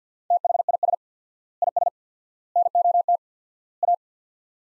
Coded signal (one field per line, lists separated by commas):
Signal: Morse code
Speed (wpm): 47 wpm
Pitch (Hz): 700 Hz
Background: none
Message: THIS IS NOT A